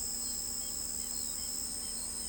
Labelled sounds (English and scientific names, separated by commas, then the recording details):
none
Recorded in pastures near Pivijay, Magdalena, Colombia, on 5 June 2023 at 04:30
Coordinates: 10.456, -74.369
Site P6-G026